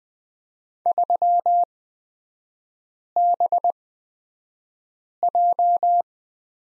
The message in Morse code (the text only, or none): 3BJ